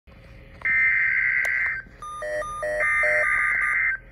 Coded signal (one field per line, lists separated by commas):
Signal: Emergency Alert System (SAME) tones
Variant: header bursts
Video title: SEVERE THUNDERSTORM WATCH FOR MY COUNTY (REAL EAS#2231-2234)